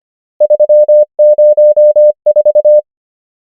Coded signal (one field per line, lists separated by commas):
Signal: Morse code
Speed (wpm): 25 wpm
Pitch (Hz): 600 Hz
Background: none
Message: 3 0 4